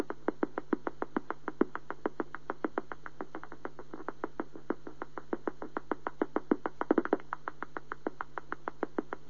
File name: gr mausohr